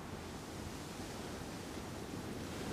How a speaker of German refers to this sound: Sie hören dem Brausen des Meeres zu, welches anfängt zu steigen.